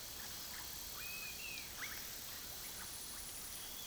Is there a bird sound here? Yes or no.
yes